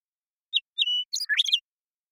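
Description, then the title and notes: Western meadowlark song with two clear whistled notes, the second drawn out, leading into a quick warbled flourish of mixed bubbling notes, all else silent. Song; Pacific Northwest, Washington, United States. "Western Meadowlark, Sturnella neglecta, song, contact calls, and flush, family: Troupials and Allies Pacific Northwest in Washington, United States"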